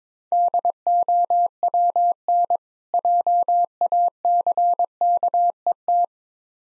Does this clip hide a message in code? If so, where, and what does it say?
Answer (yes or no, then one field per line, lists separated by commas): yes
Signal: Morse code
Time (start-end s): 0.3-6.0 s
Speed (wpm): 22 wpm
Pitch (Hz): 700 Hz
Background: none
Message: DOWN JACKET